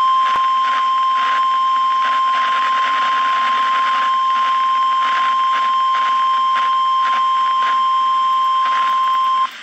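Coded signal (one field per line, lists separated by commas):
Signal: Emergency Alert System (SAME) tones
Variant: 1050 Hz attention tone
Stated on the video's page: Real required weekly test from Mineral Wells, Texas.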